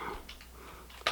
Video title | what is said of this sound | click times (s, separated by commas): Transformers Haslab Victory Saber! New Years EVE Special Review | should hear a nice click from all little ports and pegs put back | 1.1 s